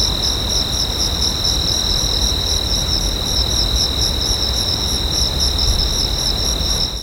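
Cricket trilling nonstop, high and shrill, with a steady ringing tone and rapid regular pulses over a low rumbling background.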